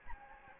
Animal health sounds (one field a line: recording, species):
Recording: mosquito wingbeat signal from an infrared sensor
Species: Anopheles gambiae